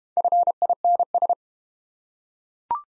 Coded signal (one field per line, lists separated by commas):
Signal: Morse code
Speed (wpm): 32 wpm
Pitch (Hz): 700 Hz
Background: none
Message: FINS